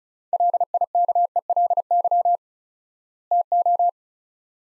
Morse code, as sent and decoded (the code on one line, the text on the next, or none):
.-.. .. -.- . .-.. -.-- / - ---
LIKELY TO